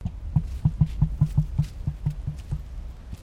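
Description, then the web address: Emu throat noise: a run of deep, thudding pulses, slightly uneven and fading toward the end. Throat noise from an emu in Queensland. "Sound Effects-Foundation 1 BIRD EMU QUEENSLAND THROAT NOISE"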